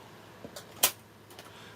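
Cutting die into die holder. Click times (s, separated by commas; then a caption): 0.8 s. A metal cutting die is set into its holder, or plate, for a die-cutting machine. Soft handling taps at about 0.6 s lead to one sharp snap at 0.8 s, with a faint tick at 1.4 s. The die locks into place in the holder.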